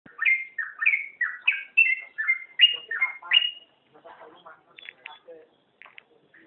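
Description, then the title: Oriental magpie-robin singing a fast series of rich whistled phrases, each note sliding up or down, before trailing off into quieter twittering and faint clicks. "Kicau Kacer Durasi Panjang 1jam Lebih"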